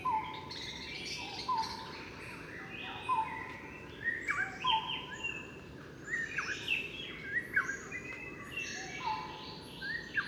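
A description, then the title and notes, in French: A shama and barbets call over a steady low rumble, with bright whistles and chirps overlapping densely, busiest from four seconds on. Observation sonore - Shama et barbus. Temple d'Angkor - Temple de Bayon - 10h30.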